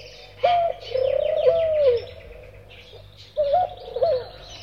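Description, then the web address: Bird delivering low whistled phrases, a flat note and a longer wavering whistle, with faint higher chirps between and two short slurred notes near the end. "audio animali uccelli uccelli birds"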